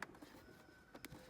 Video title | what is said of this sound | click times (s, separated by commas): Getting these painted mirror caps installed onto the Boost Auto Parts Mirrors for my F-150!!! | you hear that clicking it's kind of hard to hear but you can hear just the clicking of those snaps | 0.0 s, 1.0 s